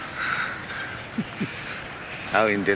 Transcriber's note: chuckles